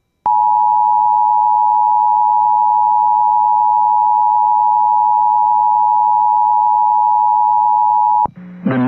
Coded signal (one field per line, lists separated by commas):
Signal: Emergency Alert System (SAME) tones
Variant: 853 and 960 Hz attention tone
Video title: TERROR UNLEASHED (EAS #95-100!!!!!)